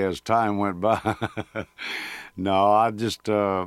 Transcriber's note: soundbite of laughter